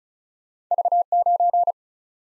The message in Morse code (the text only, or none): V 9